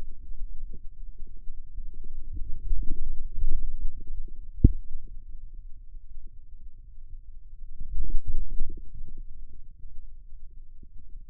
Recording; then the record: forearm muscle sounds (acoustic myography)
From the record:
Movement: outward rotation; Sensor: system 2, bracelet of six BSWA MPA416 microphones around the upper forearm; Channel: 5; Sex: male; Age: 22 years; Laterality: right